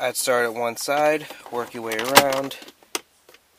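Someone talks while the plastic parking brake boot trim of a 2001–2004 Mustang is handled at the center console, working around from one side, followed by a couple of brief, faint sounds near the end. Nothing has seated or clicked into place yet.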